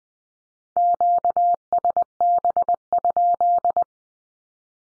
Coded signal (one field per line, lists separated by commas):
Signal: Morse code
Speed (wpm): 20 wpm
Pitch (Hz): 700 Hz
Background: none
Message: QSB?